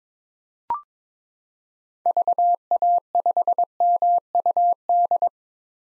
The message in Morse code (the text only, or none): VA5MUD